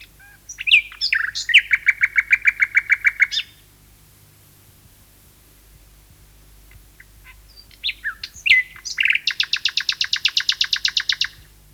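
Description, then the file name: Common nightingale song with a loud, rapid repeated rattle of identical notes, a pause of about four seconds, then another fast churring series of repeated notes. "Nachtegaal 2-Sound Cloud - Beeld en Geluid"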